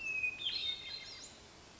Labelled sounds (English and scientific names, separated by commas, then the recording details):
Hermit Thrush (Catharus guttatus)
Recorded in Sonoma County, California